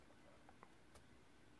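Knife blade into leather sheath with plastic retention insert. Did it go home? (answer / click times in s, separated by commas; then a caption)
no / none. A full-tang carbon steel knife is handled at the mouth of a leather sheath with a plastic retention insert, giving faint quiet ticks and scrapes at about 0.5, 0.6 and 1.0 seconds over a low background. The knife has not snapped home yet, and nothing has seated or clicked.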